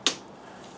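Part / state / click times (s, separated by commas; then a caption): copper tubing into plastic stanchion slot / seated / 0.1 s. Copper tubing is pressed into a slot drilled 50 thousandths of an inch past center in a plastic stanchion, a depth chosen so the tubing goes in without deforming. A single sharp, bright snap at 0.1 s marks it seating in the slot, followed by quiet background. The tubing is seated.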